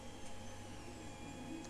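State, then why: Not seated. A PTFE filament tube is threaded through a plastic extruder clip before the clip is locked into place. Steady low handling noise and a constant hum are heard over the 1.8 seconds. Nothing has seated or clicked yet.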